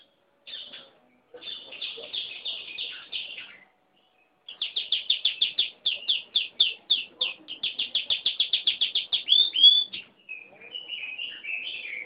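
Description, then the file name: Weaver song: bursts of buzzy chattering notes, then a long run of rapid pulsed notes ending in a sweeping note and twittering. Described as a 'gacor' weaver, meaning one singing actively. "manyar gacor"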